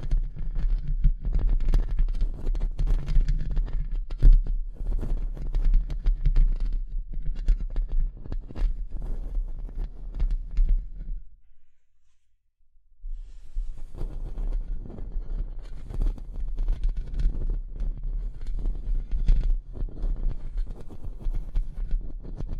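Dense tapping and scratching with a steady low rumble underneath, full of sharp clicks, pausing into near silence around eleven seconds before resuming.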